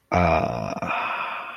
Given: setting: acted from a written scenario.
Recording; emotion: vocal sound without words; serenity